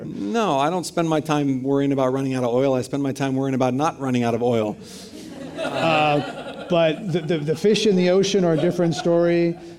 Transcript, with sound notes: No, I don’t spend my time worrying about running out of oil, I spend my time worrying about not running out of oil.
[Laughter]
But the fish in the ocean are a different story,